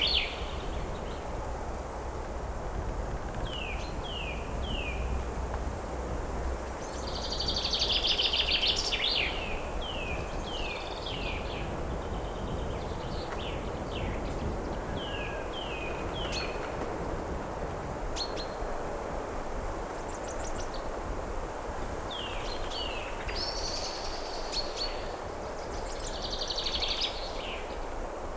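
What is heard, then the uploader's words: Steady, dense rain patters on leaves throughout, while a nearby bird repeats quick, bright descending chirps in short bursts every few seconds. Tropical Rainforest Ambience. Rain on leaves & cozy treehouse.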